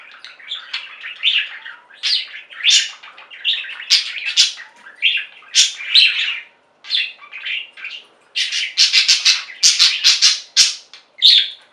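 Budgerigar calls: scratchy warbled chatter followed by a run of loud, harsh squawks near the end.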